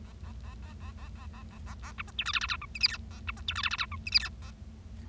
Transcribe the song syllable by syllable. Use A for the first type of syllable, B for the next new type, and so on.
A A A A A A A A A A A B C D E F F G H I J K A B C D E F F G H I J K A